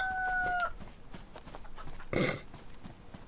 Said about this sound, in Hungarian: Na hát, életre kelt a csirke. Azaz, hogy a kakas.